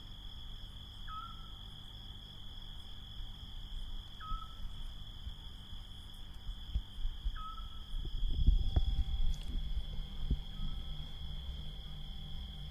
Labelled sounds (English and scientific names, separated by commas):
Eurasian Scops Owl (Otus scops)